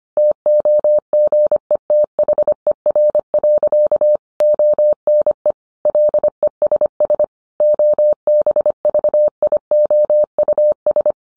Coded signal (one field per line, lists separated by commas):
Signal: Morse code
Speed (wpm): 25 wpm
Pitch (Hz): 600 Hz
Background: none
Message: TOGETHER. ONE LESS OBVIOUS